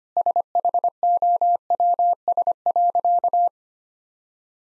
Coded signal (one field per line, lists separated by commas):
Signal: Morse code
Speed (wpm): 25 wpm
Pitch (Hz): 700 Hz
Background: none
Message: SHOWS.